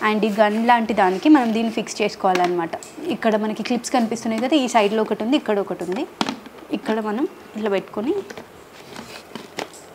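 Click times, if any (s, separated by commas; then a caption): 9.6 s. An attachment is lined up with the side clips of a gun-shaped cordless vacuum handle and pushed on until it clips in, with a sharp click at 9.6 s that confirms it is fixed and locked. Someone talks through most of the clip before the speech fades and a few small handling clicks follow.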